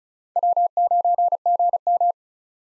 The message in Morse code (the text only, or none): W9GM